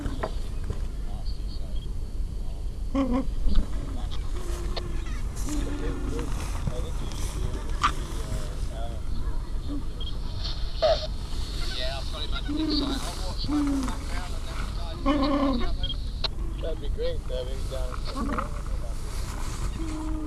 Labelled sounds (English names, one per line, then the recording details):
Gentoo Penguin
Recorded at the colony at Petermann, Antarctica, on 20 January 2015
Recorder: Song Meter SM2+